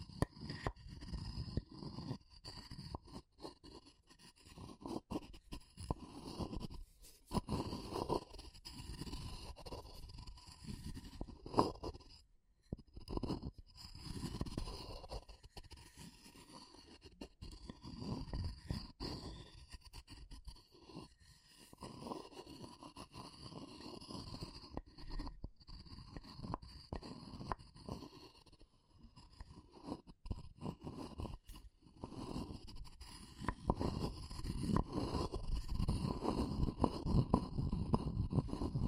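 Wood, bamboo and straw being handled, with irregular scraping and rustling that comes in bursts throughout. Dense, low crackling alternates with brief quiet gaps around 12, 25 and 31 seconds, and the activity grows fuller toward the end.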